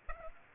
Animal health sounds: mosquito wingbeat signal from an infrared sensor; Aedes aegypti

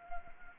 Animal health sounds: mosquito wingbeat signal from an infrared sensor; Anopheles arabiensis

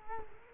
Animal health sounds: mosquito wingbeat signal from an infrared sensor; Culex quinquefasciatus

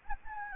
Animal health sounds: mosquito wingbeat signal from an infrared sensor; Anopheles gambiae

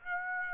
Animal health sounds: mosquito wingbeat signal from an infrared sensor; Aedes aegypti

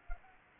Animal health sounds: mosquito wingbeat signal from an infrared sensor; Anopheles arabiensis

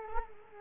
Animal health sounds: mosquito wingbeat signal from an infrared sensor; Culex quinquefasciatus

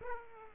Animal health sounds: mosquito wingbeat signal from an infrared sensor; Aedes aegypti

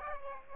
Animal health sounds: mosquito wingbeat signal from an infrared sensor; Aedes aegypti

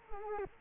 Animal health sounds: mosquito wingbeat signal from an infrared sensor; Culex quinquefasciatus

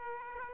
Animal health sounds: mosquito wingbeat signal from an infrared sensor; Aedes aegypti

